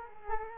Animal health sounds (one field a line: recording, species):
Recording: mosquito wingbeat signal from an infrared sensor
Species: Culex quinquefasciatus